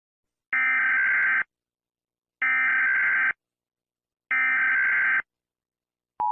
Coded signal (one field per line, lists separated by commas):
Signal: Emergency Alert System (SAME) tones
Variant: header bursts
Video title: EAS Scenario 3: Pure Insanity (Part 1)